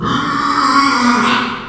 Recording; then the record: squeal of a Yucatan mini pig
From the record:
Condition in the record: after surgery on the right vocal fold (resection and tissue-engineered implant); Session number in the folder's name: 15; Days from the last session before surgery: 175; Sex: female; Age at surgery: 19 weeks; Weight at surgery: 25 kg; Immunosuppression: prednisolone